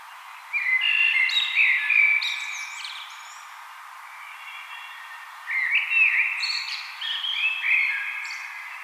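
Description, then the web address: Common blackbird song, two rich whistled phrases with scratchy high notes, separated by a pause of about three seconds. "vogelstimmen amsel gesang nabu lars lachmann"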